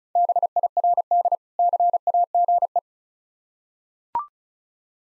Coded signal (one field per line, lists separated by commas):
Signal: Morse code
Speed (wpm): 36 wpm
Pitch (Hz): 700 Hz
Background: none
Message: BIRD CAGE